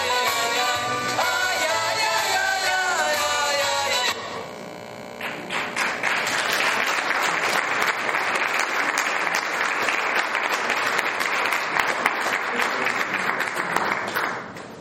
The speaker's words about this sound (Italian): Io giro il vostro applauso a loro, perché anche riguardando adesso queste immagini, sentendo le loro storie, ma devo dire che sono molto grato del fatto che abbiano raccontato, no, davanti a una telecamera, e ci abbiamo messo la faccia.